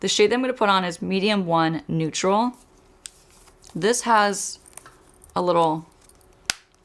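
Someone talks while flipping open the small plastic click cap on a One Size Beauty Turn Up the Base foundation bottle, shade medium 1 neutral, to squeeze product onto a palette. A sharp click is heard at 6.5 s as the cap snaps open.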